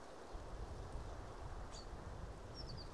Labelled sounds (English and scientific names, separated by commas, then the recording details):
Common Chaffinch (Fringilla coelebs)
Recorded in Germany
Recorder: ecoPi